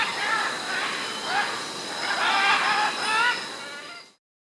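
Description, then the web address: Military macaw giving harsh, raspy squawks that run together for about four seconds, rough and grating, then stopping abruptly into silence. South America. "Natures Songs S America Military Macaw (Ara Militaris)"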